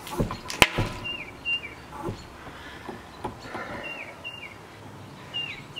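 A tire bead is pumped past 50 psi onto a bicycle carbon rim, and one loud, sharp pop at 0.6 s marks part of the bead seating. Fainter ticks follow against a quiet background. The bead is only partly seated, with one section still off the rim.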